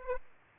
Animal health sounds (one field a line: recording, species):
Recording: mosquito wingbeat signal from an infrared sensor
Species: Aedes aegypti